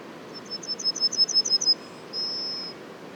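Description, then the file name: Yellowhammer singing a rapid series of high, repeated notes, then pausing before one sustained closing note. Les Alisiers, 21 July 2020; several yellowhammers. "200721-11-bruants-jaunes-Les-Alisiers"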